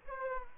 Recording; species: mosquito wingbeat signal from an infrared sensor; Aedes aegypti